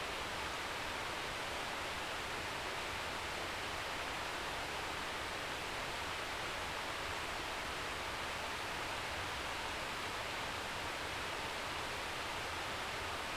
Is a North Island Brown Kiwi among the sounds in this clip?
no